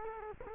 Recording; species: mosquito wingbeat signal from an infrared sensor; Culex quinquefasciatus